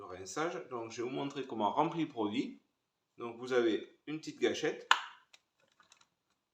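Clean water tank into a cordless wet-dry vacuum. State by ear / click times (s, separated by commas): seated / 5.3 s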